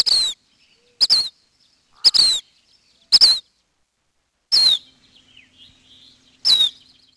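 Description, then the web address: Black phoebe giving sharp, high, down-slurred chip notes, six in all, spaced roughly one to two seconds apart against a quiet background. "Peterson North American Birds"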